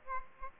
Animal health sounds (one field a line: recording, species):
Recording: mosquito wingbeat signal from an infrared sensor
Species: Aedes aegypti